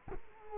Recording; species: mosquito wingbeat signal from an infrared sensor; Culex quinquefasciatus